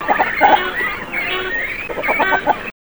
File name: Phalacrocorax carbo